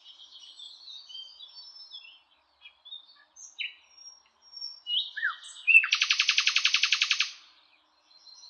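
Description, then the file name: Common nightingale song: soft high warbling and scattered whistles build into a loud, rapid machine-gun series of identical repeated notes before stopping. "Luscinia megarhynchos"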